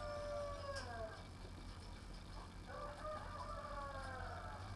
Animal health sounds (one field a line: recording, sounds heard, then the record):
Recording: poultry house recording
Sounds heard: healthy chickens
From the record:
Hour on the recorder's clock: 11